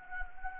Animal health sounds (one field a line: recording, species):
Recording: mosquito wingbeat signal from an infrared sensor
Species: Anopheles gambiae